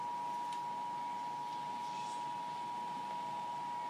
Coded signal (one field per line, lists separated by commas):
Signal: Emergency Alert System (SAME) tones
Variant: 853 and 960 Hz attention tone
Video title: EAS #167-168 (Required Monthly Tests)